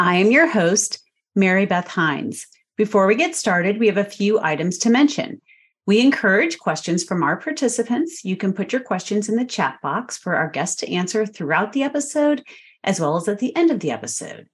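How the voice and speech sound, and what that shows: A woman speaks clearly and fluently at an ordinary pace, with natural pitch movement and short pauses between phrases. The voice is clear and steady, and the words are well formed. This is ordinary adult speech, in a quiet room.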